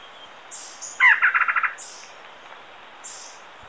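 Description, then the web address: Uniform antshrike delivering a quick, stuttering burst of about seven nasal notes, while another bird repeats thin, very high whistles. Recorded in Ecuador. "Natures Songs S America Birds of Ecuador Uniform Antshrike"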